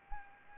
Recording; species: mosquito wingbeat signal from an infrared sensor; Anopheles arabiensis